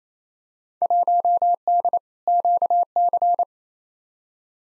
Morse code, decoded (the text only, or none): 1D QC